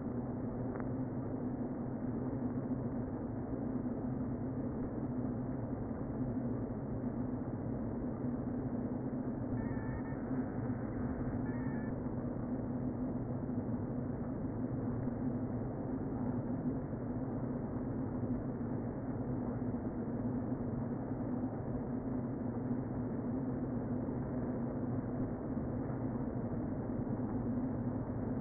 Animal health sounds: honeybee colony, microphone inside the hive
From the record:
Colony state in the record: queen present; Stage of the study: before two queens were removed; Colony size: about 60,000 bees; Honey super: yes

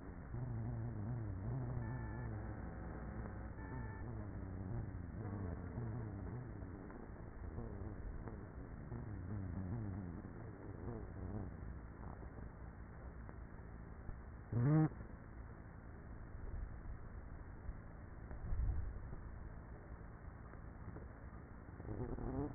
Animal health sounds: honeybee colony, microphone inside the hive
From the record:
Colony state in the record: queenless with a low population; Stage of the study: after two queens were removed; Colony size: about 30,000 bees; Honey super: no

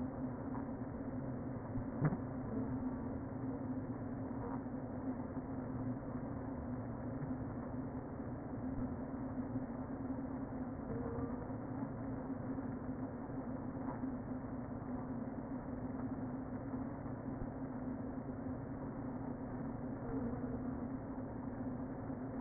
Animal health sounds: honeybee colony, microphone inside the hive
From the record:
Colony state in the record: queen present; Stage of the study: before two queens were removed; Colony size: about 60,000 bees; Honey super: yes

